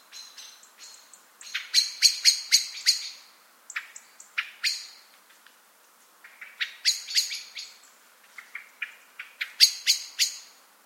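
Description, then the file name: Eurasian blackbird giving sharp, metallic chink calls in rapid bursts of several notes, separated by short pauses. "Turdus merula"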